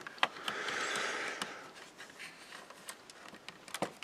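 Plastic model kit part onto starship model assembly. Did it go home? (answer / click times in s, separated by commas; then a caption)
no / none. A plastic part of the Enterprise-D model kit is handled and pressed toward its mount on the starship model assembly. Sharp ticks and light plastic knocks sound over a brief scrape of handling noise. Nothing has seated or clicked yet.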